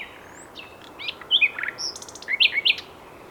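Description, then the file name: Common nightingale song phrases: thin upslurred whistles and sharp chirps in quick, irregular succession, ending with a few loud, clipped notes. "Luscinia megarhynchos"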